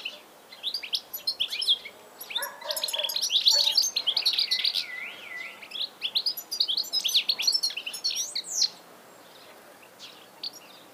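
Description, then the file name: European goldfinch calls, a lively run of fast twittering notes and liquid trills from about two to nine seconds, with quieter gaps before and after. "Carduelis carduelis"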